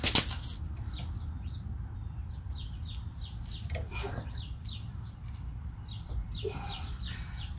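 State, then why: Not seated. A click-type torque wrench set above 200 lb-ft tightens a large axle or hub nut on a Ford Flex, and the wrench has not clicked yet. A sharp broadband burst opens the clip, followed by a steady low rumble, scattered high chirps, and a few soft knocks around 3.8 s and 6.5 s.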